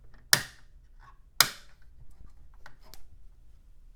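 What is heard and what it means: A CPU module is refitted into its slot on a motherboard, giving two loud, sharp clicks at 0.3 s and 1.4 s, with a couple of much fainter ticks after. The CPU clicks back into its slot and is seated.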